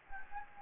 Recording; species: mosquito wingbeat signal from an infrared sensor; Anopheles gambiae